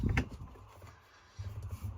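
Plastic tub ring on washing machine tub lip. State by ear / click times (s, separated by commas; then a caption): seated / 0.2 s. A plastic ring cover is pressed back onto the top lip of a top-load Maytag Bravos washing machine tub, part of a fix for the washer shaking and stopping with a UL code. A sharp snap is heard at 0.2 s as the ring pops onto the lip, followed by quieter low handling rumble. The ring cover is seated.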